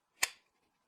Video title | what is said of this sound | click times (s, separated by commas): Top 8 Camping Cooking Knives | lock and there's absolutely no rattle in this Chief at all it locks right into place Clips | 0.2 s